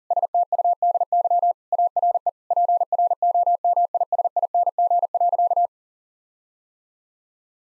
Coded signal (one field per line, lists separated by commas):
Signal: Morse code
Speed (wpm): 37 wpm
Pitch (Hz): 700 Hz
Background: none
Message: STUDY ARE PROMISING.